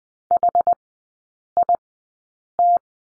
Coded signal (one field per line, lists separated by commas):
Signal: Morse code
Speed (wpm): 20 wpm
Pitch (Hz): 700 Hz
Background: none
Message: HIT